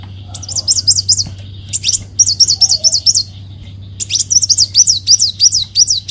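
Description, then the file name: Leafbird song: bursts of high, rapid rising-and-falling whistled notes, three phrases with short gaps, over a steady low hum. "Tieng chim xanh tim"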